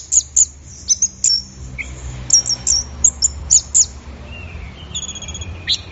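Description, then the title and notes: Orange-headed thrush song of very high sharp chips in quick series, broken by a few lower drawn-out whistles. Bird in full song, called gacor in Indonesian, used for training songbirds. "Anis Merah Gacor Teler. Kumpulan Suara Burung Anis"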